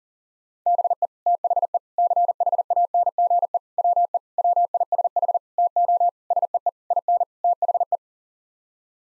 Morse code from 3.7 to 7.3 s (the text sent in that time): WE WISH TO SEE IN